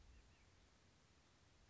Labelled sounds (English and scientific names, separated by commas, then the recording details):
White-breasted Nuthatch (Sitta carolinensis)
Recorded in Sonoma County, California